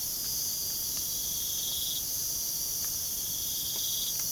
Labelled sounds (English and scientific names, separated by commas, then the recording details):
none
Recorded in pastures near Puerto Asís, Putumayo, Colombia, on 25 June 2025 at 02:00
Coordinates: 0.497, -76.327
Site G040